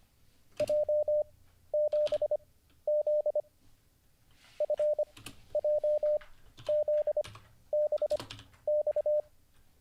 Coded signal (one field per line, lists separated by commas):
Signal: Morse code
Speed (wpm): 25 wpm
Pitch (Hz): 600 Hz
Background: none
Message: J7Z FJZBX